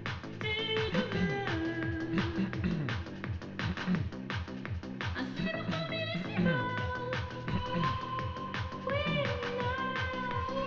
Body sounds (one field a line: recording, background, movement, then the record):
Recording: throat clearing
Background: music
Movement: sitting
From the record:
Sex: male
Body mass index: 20.5 kg/m2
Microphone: on the chest, facing outward